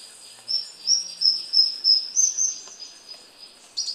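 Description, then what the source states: Esmeraldas antbird delivering a run of about seven high, clear whistles, evenly paced, ending with fainter notes and a separate high call. Recorded in Ecuador.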